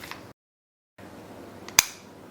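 A metal emergency key blade is slid back into the body of a Honda key fob, with a gap of silence, a faint tick at 1.7 s and then a loud, sharp click at 1.8 s. The blade's small lock catches and returns to its place, and the key blade is seated in the fob.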